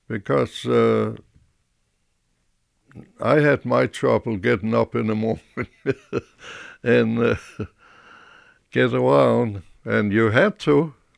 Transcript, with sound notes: Because I had my trouble getting up in the morning, ( he laughs ) and getting around. And you had to.